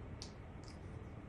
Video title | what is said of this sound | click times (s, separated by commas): Automotive Connector De-Pin & Re-Pin Technique - How To Find Your Connector in 30 Seconds or Less | and you might not be able to hear it but it gave it a little click | 0.2 s